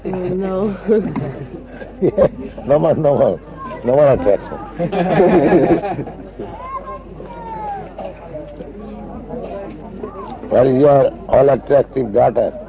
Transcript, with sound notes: No.
Yes. No more, no more. No more attraction. (laughing) Where is your all-attractive daughter?